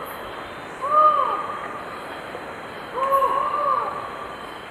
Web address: Natures Songs S America Eastern Lowlands Micrastur semitorquatus, song 2 birds